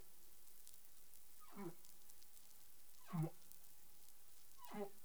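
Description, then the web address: Humpback whale calls: three short, low, harmonic grunts about 1.6 seconds apart, faint against constant crackling underwater noise. Caribbean waters; recorded 20 April 2021 at 03:38 UTC. "CARIMAM clean data humpback whale"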